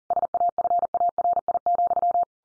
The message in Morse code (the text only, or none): SAFARI,